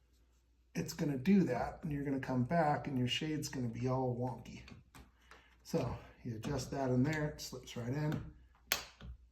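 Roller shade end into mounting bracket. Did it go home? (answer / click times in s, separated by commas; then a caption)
yes / 8.7 s. The end of a Hunter Douglas PowerView 3% solar screen roller shade for a sliding glass door is slid into its wall mounting bracket while someone talks. A sharp click at 8.7 s marks the shade end seating in the bracket, and it is confirmed clicked in place.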